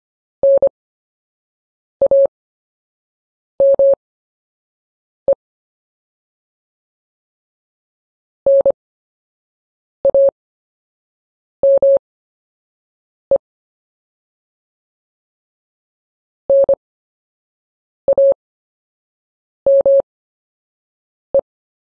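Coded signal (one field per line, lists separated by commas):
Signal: Morse code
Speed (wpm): 25 wpm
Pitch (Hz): 550 Hz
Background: none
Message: NAME NAME NAME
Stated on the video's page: Slow-speed Morse drill of common CW anchor words for recovering in a QSO.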